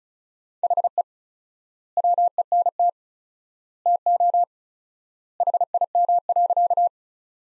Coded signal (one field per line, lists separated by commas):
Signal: Morse code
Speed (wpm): 36 wpm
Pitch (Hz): 700 Hz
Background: none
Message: HE WENT TO HIM.